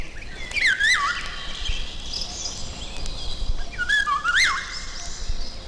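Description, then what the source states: Eurasian golden oriole song: two rich, fluty whistled phrases about three seconds apart. Common in the Nerekhta district.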